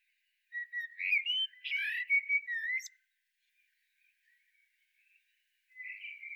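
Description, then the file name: Common blackbird song: a rich, flowing whistled phrase with slurred up-and-down notes and a sharp high squeak, silence, then a soft trailing warble. "Turdus merula"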